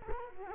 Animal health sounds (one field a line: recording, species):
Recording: mosquito wingbeat signal from an infrared sensor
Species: Culex quinquefasciatus